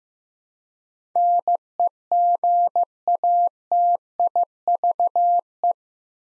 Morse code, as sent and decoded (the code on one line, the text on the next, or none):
-. . --. .- - .. ...- .
NEGATIVE